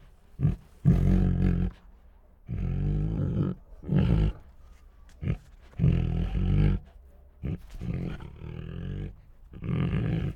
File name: Two Tigers Make Grumbly Growls and Moans [Sound Ideas]